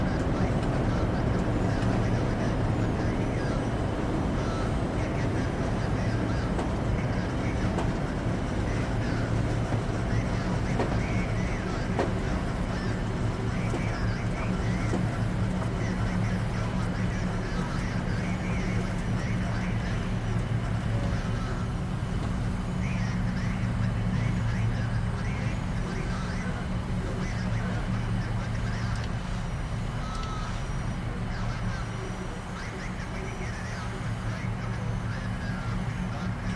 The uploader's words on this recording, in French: Vol Spatial | Ambiance Cabine de Navette pour un Sommeil Profond. Vous ferez l'expérience des doux ronronnements et des légers bips de la navette.